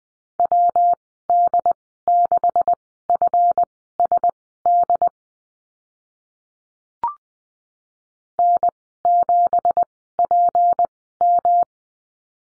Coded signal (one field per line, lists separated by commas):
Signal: Morse code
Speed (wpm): 20 wpm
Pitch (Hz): 700 Hz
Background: none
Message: WD6FSD N7PM